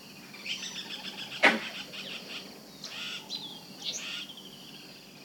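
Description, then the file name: Birds singing: high chirps and whistles come in short bursts, with one loud, sharp burst of noise near the start. "Digiffects Sound Effects Library - Small Monkey with Birds Singing"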